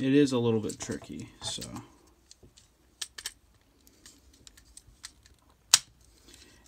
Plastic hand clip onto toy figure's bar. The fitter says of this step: once you've heard that click it is now a solid connection